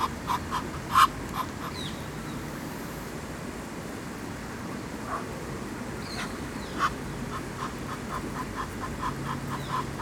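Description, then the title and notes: Duck giving short runs of nasal quacks at the start and again near the end, with a few high bird chirps and constant splashing water noise. Ducks at the Ixelles ponds (Les étangs d'Ixelles), Avenue du Général de Gaulle, Ixelles, Brussels, Belgium, beside a fountain. "Av. du Général de Gaulle 21, 1050 Ixelles, Belgique - Ducks and Fountain. Ducks speech and foutain at Les étangs d'Ixelles"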